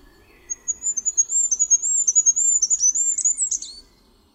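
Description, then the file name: Goldcrest song: a tiny, very high, rhythmic chain of repeated notes lasting about three seconds, ending in a quick flourish. "MYSIKRÓLIK"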